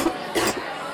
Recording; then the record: coughing mixed with background sound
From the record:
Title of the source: 61 morning phlegmy cough...again